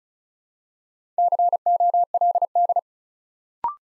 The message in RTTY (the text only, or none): none